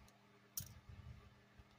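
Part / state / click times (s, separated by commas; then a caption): metal jump ring closing on a pendant / seated / 0.6 s. A big, heavy metal jump ring is closed on a pendant necklace and gives a sharp click at 0.6 s, seating it shut. A faint lighter tick follows, and there is low rumbling handling noise around 0.9–1.2 s.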